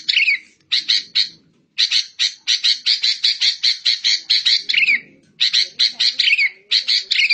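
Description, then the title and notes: Bird song of loud, buzzy chatter notes in fast runs, with occasional whistled slurs woven between them. Masteran recording: bird song used for training caged songbirds. "MASTERAN BURUNG. suarane manok"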